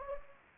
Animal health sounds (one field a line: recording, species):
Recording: mosquito wingbeat signal from an infrared sensor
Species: Anopheles gambiae